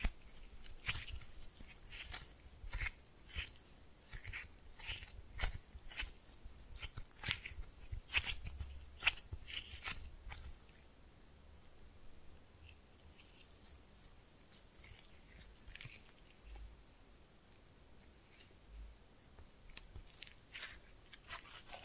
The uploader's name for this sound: Slime No Talking (Pressing and Mixing)